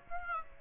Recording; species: mosquito wingbeat signal from an infrared sensor; Aedes aegypti